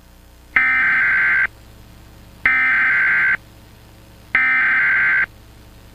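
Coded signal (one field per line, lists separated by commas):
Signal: Emergency Alert System (SAME) tones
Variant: header bursts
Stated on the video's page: Fictional scenario alert about a blast furnace, not a real activation.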